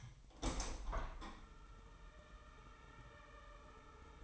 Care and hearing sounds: daily activity, microphone in the room; open window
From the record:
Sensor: 1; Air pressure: 999.8 hPa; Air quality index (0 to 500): 233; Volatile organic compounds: 97 ppm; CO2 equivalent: 3736 ppm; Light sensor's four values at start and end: 10/25/10/11 and 11/27/11/12

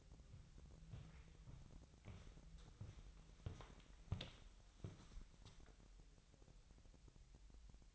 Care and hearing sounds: daily activity, microphone in the room; walk to room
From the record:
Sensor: 3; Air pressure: 1002.0 hPa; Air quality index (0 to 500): 248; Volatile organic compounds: 50 ppm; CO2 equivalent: 3294 ppm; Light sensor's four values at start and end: 7/17/7/7 and 4/9/4/4

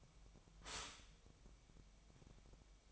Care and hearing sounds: daily activity, microphone in the room; stop toaster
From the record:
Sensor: 1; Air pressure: 1002.0 hPa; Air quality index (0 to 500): 238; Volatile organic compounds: 43 ppm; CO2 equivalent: 3191 ppm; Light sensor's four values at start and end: 10/36/13/15 and 10/36/13/15

